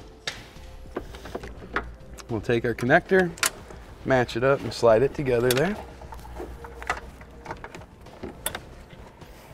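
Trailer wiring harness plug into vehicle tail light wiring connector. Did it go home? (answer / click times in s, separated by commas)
yes / 8.5 s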